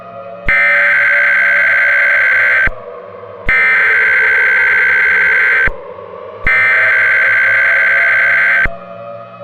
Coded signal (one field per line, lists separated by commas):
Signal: Emergency Alert System (SAME) tones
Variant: header bursts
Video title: EAS Scenario #15 - Eclipse